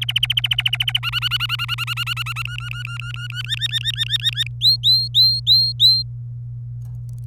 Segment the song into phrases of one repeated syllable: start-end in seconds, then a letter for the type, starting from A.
0.01-0.99 A, 1.03-2.42 B, 2.46-3.42 C, 3.45-4.47 D, 4.61-6.03 E